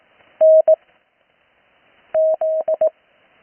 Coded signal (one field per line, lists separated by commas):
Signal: Morse code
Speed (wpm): 18 wpm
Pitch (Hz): 630 Hz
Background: none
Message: N Z